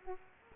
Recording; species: mosquito wingbeat signal from an infrared sensor; Aedes aegypti